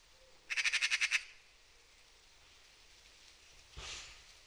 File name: Pica pica